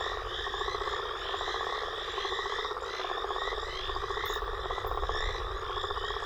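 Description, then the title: Frogs and toads in a dense chorus: fast pulsing croaks and trills overlap without pause, over a low steady rumble. Mixed frog and toad chorus recorded after a storm. "Frog And Toad Chorus Post Storm With Thunder"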